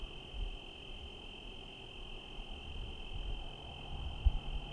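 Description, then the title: Cricket trill holds a single steady high pitch throughout, over a low rumble that swells toward the end. Night ambience in Trinity County, California, USA, dated 17/10/25 around 05:06 (time approximate), with rain and cars; recorded on a Zoom H1 with internal XY mics. "Trinity County, Californie, États-Unis d'Amérique - 17_10_25_05_06 grillons nuit voitures PLUIE"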